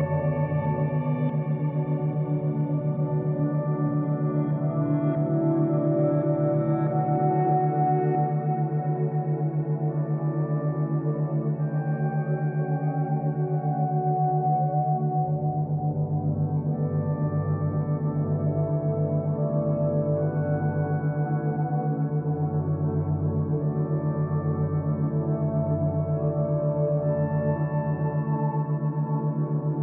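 A steady ambient drone with binaural-beat tones holds a constant low hum throughout, layered with many sustained ringing tones like gongs or singing bowls. Faint gliding tones drift through the middle around 10 to 17 seconds, and the bass shifts slightly after 15 seconds.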